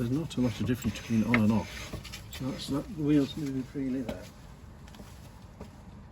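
During a DIY handbrake adjustment on a 2011 Saab 9-3 1.8T with a seized mechanism, someone talks over low background noise while handling the handbrake lever ratchet in the car's centre console after adjusting the cable. A few faint, brief ticks are heard near the end, but the lever is not yet home and nothing has seated or clicked yet.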